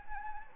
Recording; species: mosquito wingbeat signal from an infrared sensor; Anopheles gambiae